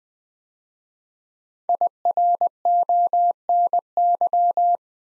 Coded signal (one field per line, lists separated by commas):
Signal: Morse code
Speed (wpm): 20 wpm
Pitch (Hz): 700 Hz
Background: none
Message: IRONY